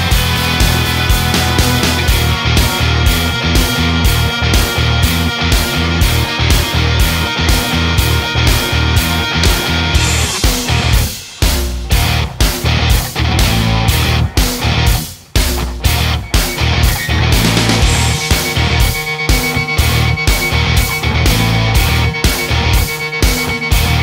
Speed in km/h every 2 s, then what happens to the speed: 71, 70, 69, 68, 66, 64, 64, 64, 66, 66, 66, 65.
0-9 slows to 64. 9-24 steady at about 65.